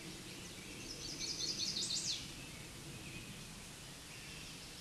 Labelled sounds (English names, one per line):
Chestnut-sided Warbler song